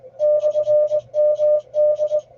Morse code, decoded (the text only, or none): /MD